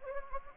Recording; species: mosquito wingbeat signal from an infrared sensor; Anopheles gambiae